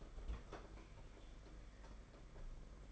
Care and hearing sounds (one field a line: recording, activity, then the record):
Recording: daily activity, microphone in the room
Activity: open fridge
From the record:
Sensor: 5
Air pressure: 992.0 hPa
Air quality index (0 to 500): 200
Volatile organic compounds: 1000 ppm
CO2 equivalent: 5755 ppm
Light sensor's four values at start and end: 29/101/37/39 and 29/100/37/39